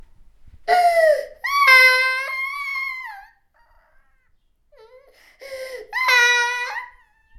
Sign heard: Baby Cry.